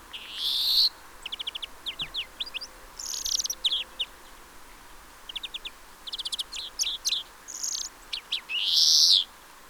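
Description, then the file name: European greenfinch giving buzzy wheezes at start, middle and end, separated by rapid twittering trills and short chirps. "Chloris chloris"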